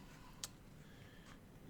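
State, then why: Seated. A PowerA MOGA Mobile Gaming Clip for Xbox, which has a rubber pad, is fitted to the controller or phone. A single short, sharp click is heard at 0.4 s against a quiet background, as the clip snaps into place and seats.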